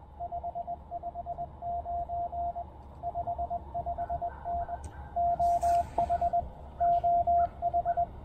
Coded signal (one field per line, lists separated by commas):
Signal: Morse code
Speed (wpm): 20 wpm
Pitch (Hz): 690 Hz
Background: radio noise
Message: 559 55N OH OH